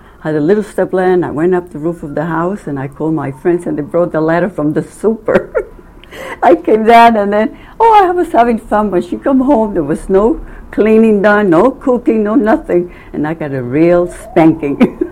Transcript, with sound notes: Had a little step ladder and I went up the roof of the house and I called my friends and they brought the ladder from the Super. (laughing) I came down and then, I was having fun. But she come home, there was no cleaning done, no cooking, no nothing and I got a real spanking.